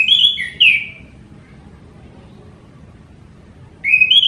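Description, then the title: Orange-headed thrush song: a few clear, slurred whistles at the start, a quiet gap, then a rising whistled phrase at the end. Songbird-hobby bird described as gacor (singing constantly), teler, doyorng and a champion singer. "Kicau Mania Suara Burung Anis Merah Gacor Teler Doyorng Juara"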